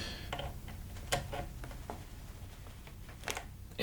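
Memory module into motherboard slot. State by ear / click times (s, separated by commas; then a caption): not seated / none. A memory module (RAM stick) is pressed into its motherboard slot while the builder repositions for the camera, producing a series of short, light ticks and clacks with a few sharper taps around 1.1 s and 3.3 s. The module does not click in, and nothing has seated yet.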